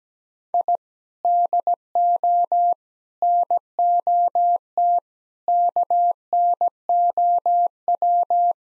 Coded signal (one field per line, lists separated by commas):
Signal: Morse code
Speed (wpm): 17 wpm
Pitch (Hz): 700 Hz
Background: none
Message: I DO NOT KNOW